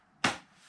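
The plastic bottom strainer base is lined up with the groove on an Acquaer pool cover pump and pushed on. A single sharp, broadband snap is heard at 0.3 s, then fades over about a tenth of a second into low background noise. The base snaps into place and is seated.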